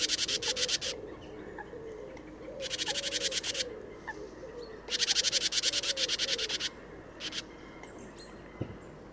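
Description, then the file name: Great tit churring call: bursts of harsh, buzzy rattles, repeated with pauses between. "Parus major"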